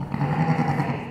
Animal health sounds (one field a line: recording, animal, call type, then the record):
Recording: contact call of a hoofed animal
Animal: sheep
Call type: low-frequency (closed-mouth) or high-frequency (open-mouth) call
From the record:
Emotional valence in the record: positive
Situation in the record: reunion with pen mate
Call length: 1.10 s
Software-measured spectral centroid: 1320 Hz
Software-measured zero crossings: 1100 a second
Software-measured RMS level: -24 dBFS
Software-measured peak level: -9 dBFS